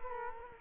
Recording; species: mosquito wingbeat signal from an infrared sensor; Culex quinquefasciatus